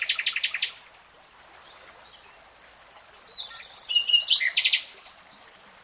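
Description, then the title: Nightingale: bird song starting with a fast pulsing rattle, then a lull and a tumble of twittering, slurred high notes and a buzzy phrase. Singing in real time. "[Tiếng chim hót] 3 Hours REALTIME Nightingale Singing"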